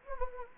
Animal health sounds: mosquito wingbeat signal from an infrared sensor; Anopheles gambiae

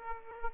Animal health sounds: mosquito wingbeat signal from an infrared sensor; Aedes aegypti

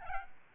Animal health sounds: mosquito wingbeat signal from an infrared sensor; Aedes albopictus

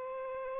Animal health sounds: mosquito wingbeat signal from an infrared sensor; Aedes aegypti

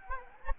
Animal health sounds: mosquito wingbeat signal from an infrared sensor; Anopheles gambiae

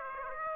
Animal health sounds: mosquito wingbeat signal from an infrared sensor; Aedes aegypti

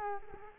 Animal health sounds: mosquito wingbeat signal from an infrared sensor; Culex quinquefasciatus

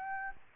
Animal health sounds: mosquito wingbeat signal from an infrared sensor; Aedes aegypti

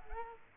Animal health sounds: mosquito wingbeat signal from an infrared sensor; Culex quinquefasciatus

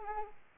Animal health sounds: mosquito wingbeat signal from an infrared sensor; Anopheles arabiensis

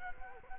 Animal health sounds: mosquito wingbeat signal from an infrared sensor; Culex quinquefasciatus

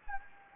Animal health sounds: mosquito wingbeat signal from an infrared sensor; Anopheles gambiae

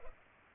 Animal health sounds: mosquito wingbeat signal from an infrared sensor; Culex pipiens

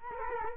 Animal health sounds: mosquito wingbeat signal from an infrared sensor; Culex quinquefasciatus

